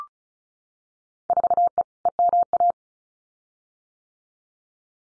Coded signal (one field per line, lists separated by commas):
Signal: Morse code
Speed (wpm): 36 wpm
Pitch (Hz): 700 Hz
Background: none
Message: 4E EMA